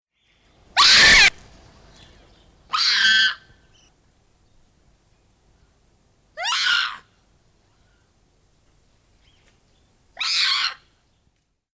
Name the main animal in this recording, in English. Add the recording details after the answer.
Stump-tailed Macaque. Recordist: Tembrock, Günter. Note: Rufe eines Weibchens